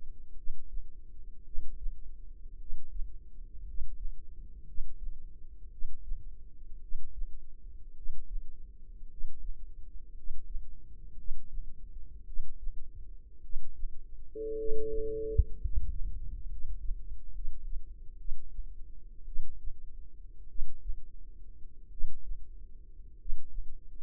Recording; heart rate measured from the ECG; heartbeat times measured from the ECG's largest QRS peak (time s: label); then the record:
heart sounds by microphone in the left ear; 55 bpm
0.33 s: heartbeat
1.43 s: heartbeat
2.56 s: heartbeat
3.63 s: heartbeat
4.63 s: heartbeat
5.68 s: heartbeat
6.78 s: heartbeat
7.93 s: heartbeat
9.06 s: heartbeat
10.12 s: heartbeat
11.14 s: heartbeat
12.23 s: heartbeat
13.40 s: heartbeat
14.55 s: heartbeat
15.56 s: heartbeat
16.46 s: heartbeat
17.30 s: heartbeat
18.16 s: heartbeat
19.24 s: heartbeat
20.46 s: heartbeat
21.88 s: heartbeat
23.16 s: heartbeat
From the record:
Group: healthy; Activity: rest 0-15 s, breath hold 15-24 s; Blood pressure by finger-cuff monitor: 105/53 mmHg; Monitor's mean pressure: 66 mmHg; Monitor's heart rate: 56 bpm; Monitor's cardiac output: 5 L/min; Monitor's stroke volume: 89 mL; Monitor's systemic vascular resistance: 940 dyn s/cm5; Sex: male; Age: 25 years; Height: 170 cm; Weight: 70.4 kg